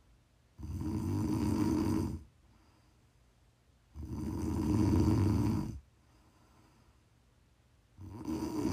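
Prime ASMR snoring from an adult woman asleep: loud, low-pitched snores, each lasting about two seconds, recurring roughly every four seconds with quiet breathing pauses between them.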